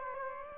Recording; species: mosquito wingbeat signal from an infrared sensor; Aedes aegypti